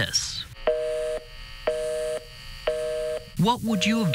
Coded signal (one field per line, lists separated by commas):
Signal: telephone call progress tone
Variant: North America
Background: speech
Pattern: busy tone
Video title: What would you do if you called 911 and got a busy signal?